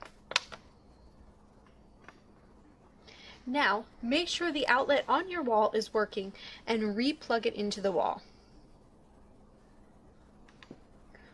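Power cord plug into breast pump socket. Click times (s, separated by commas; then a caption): 0.4 s. A power cord plug is pushed back into a breast pump's socket and seats with a loud, short click at 0.4 s. Someone then talks. A few faint clicks and taps follow in the quiet after.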